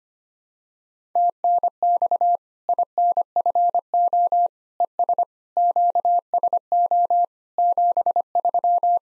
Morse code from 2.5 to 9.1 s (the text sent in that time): INFO ES QSO 73